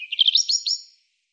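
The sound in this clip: European robin song phrase, a brief sequence of high warbled notes rising slightly in pitch.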